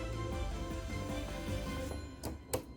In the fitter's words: fez um clique já